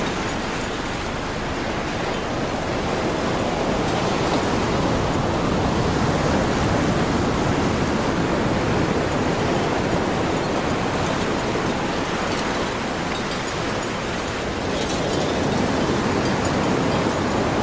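Nearby waves crash in a dense, continuous roar with a heavy low-to-middle rush and a hiss on top. The surge swells slightly around four to seven seconds and again near the end, but otherwise stays steady and close throughout.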